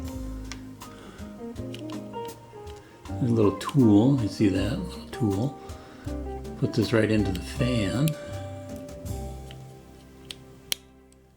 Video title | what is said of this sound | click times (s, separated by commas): MNW N Scale Model Railroad Monthly Video Journal, August, 2020 | Here it snaps into place, and then you can pull out | 10.7 s